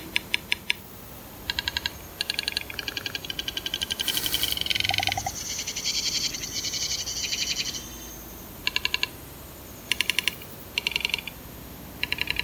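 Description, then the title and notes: Western capercaillie display clicks in several overlapping bursts of sharp, dry ticks, with a brief noisy rushing passage in the middle. Male recorded in a Swedish forest; the species makes accelerating clicking sounds; recording looped and layered into music from five repeating copies gradually coming into phase. "Andreas made an audio recording in the Swedish forest of a Capercaillie cock"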